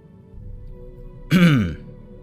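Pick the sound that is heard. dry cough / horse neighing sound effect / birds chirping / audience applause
dry cough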